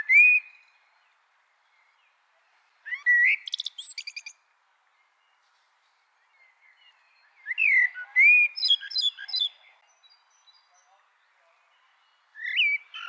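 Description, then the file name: Common blackbird song in separate phrases, opening with a rich whistle and ending in a shrill, scratchy twitter, with long silent pauses between. "Turdus merula"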